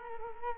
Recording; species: mosquito wingbeat signal from an infrared sensor; Culex quinquefasciatus